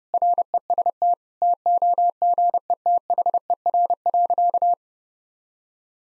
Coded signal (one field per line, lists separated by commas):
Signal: Morse code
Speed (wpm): 31 wpm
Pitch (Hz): 700 Hz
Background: none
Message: REST TOGETHER.